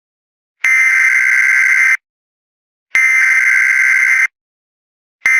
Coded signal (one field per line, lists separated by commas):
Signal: Emergency Alert System (SAME) tones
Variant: header bursts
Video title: EAS Mini 5: Verizon FiOS scroll RWT